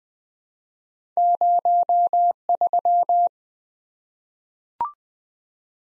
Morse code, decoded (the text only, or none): 03